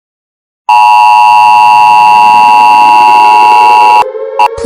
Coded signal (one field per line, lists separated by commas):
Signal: Emergency Alert System (SAME) tones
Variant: 853 and 960 Hz attention tone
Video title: EAS Scenario: Incident at Jurassic World Mactan Island